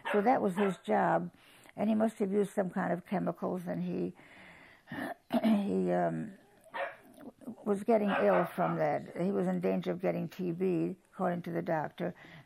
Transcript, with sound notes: So that was his job and he must have used some kind of chemicals and he — [clears throat] he was getting ill from that. He was in danger of getting TB, according to the doctor.